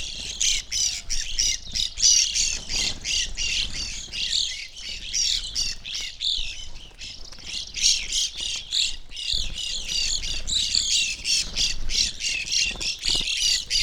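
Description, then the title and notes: Evening grosbeak flock chatter, a steady stream of overlapping burry chirps, several birds calling at once throughout. Flock feeding on sunflower seeds from a feeder hanging in a birch tree, backyard in McCloud, Siskiyou County, California; relatively warm winter morning; microphones placed on either side of the tree trunk. "I recorded this at my home in the small town of McCloud in Siskiyou County, California. It was a relatively warm winter morning, and a flock of Evening Grosbeaks was busily eating a breakfast of sunflower seeds from a feeder hanging from the branch of a birch tree in my backyard."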